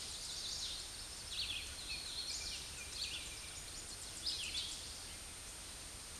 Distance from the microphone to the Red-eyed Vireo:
about 30 m